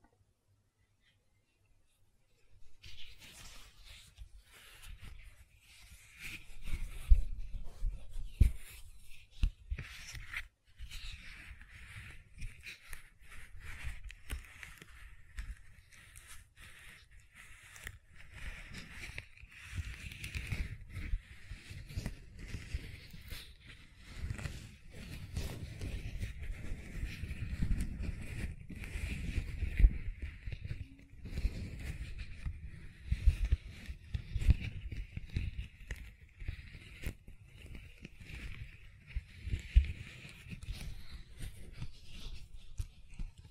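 Gentle silicone sounds begin after a brief silence: soft, steady squishing and rubbing with low muffled thumps and faint squeaks throughout.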